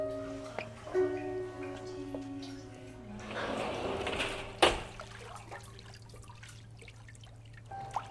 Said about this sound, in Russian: Он открывает матовую дверцу душа и видит ее.